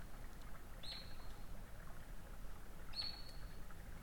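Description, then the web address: Eurasian otter producing two short, high level whistles roughly two seconds apart over a quiet low rumble. "saukko lauri hallikainen. uutiset saukon-voi-loytaa-sulapaikan-liepeilta"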